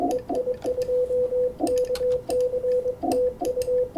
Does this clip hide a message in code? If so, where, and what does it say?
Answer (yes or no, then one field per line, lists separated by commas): yes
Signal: Morse code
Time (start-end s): 0.1-3.9 s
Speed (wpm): 24 wpm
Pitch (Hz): 500 Hz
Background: none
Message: EI2KC TU